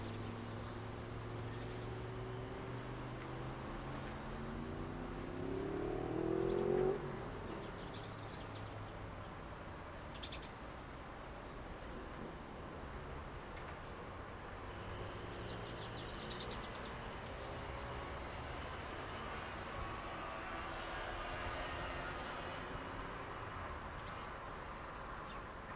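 Street noise from a balcony on the outskirts of Verona. A vehicle accelerates past in the first seven seconds, its engine whine rising and peaking around the six-second mark. After that a steady, even wash of traffic continues, with a few faint brief high sounds scattered through.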